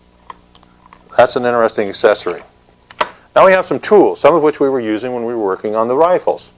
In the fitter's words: fits in the pistol grip and locks in a snap right inside the pistol grip that's